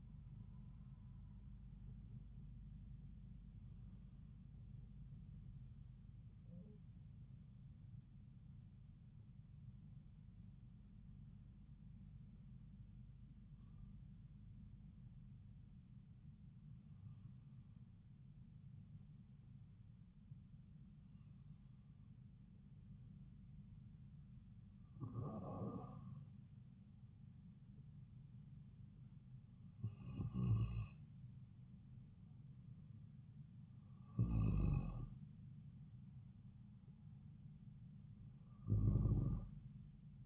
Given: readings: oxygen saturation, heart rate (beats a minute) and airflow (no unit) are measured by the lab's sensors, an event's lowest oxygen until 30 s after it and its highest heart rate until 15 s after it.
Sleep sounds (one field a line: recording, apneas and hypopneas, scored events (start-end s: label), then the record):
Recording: breathing in sleep by a smartphone at the bedside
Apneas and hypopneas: 1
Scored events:
6.00-26.70 s: hypopnea (N1, oxygen 97% highest, then 93% lowest)
33.00-40.26 s: new sleep stage, N2 (light sleep)
From the record:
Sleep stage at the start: N1 (lightest sleep)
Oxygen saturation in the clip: 94 to 97%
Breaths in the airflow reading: 8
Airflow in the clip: -4.3 to 7.6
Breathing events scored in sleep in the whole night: 270 in 6.1 hours asleep